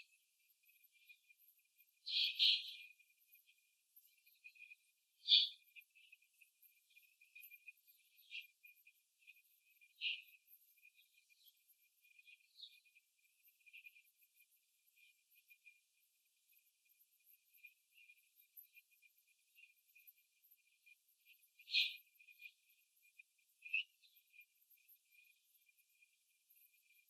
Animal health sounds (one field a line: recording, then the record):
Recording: young laying hens in a cage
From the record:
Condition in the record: control cage, after the stress test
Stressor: none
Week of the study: 4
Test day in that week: 3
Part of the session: 3